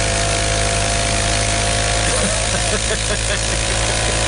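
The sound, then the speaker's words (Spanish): An old motorcycle engine idles with a steady, rough mechanical rumble, its low chugging drone holding constant throughout, with faint voice-like fluctuations appearing partway through. “Es una moto como el tiempo de Cristóbal Colón.”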